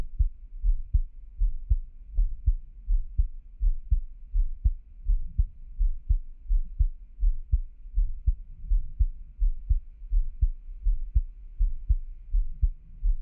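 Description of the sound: Steady, deep thumps repeat at about 82 beats a minute in an even rhythm, each beat a soft paired lub-dub. It is an adult's heartbeat heard close up, with only a faint low hum behind it and no speech.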